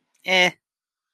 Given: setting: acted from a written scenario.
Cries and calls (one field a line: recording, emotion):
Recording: vocal sound without words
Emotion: neutral